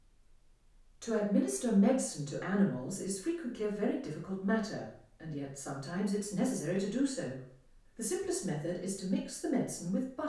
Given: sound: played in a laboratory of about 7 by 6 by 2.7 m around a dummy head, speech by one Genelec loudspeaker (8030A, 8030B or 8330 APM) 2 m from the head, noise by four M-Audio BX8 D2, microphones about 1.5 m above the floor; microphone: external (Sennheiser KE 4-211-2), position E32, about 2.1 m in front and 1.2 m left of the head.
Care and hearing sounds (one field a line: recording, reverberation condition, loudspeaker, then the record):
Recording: female speech in English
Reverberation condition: medium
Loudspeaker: 120 degrees to the left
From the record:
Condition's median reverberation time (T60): about 510 ms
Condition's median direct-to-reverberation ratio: about -0.5 dB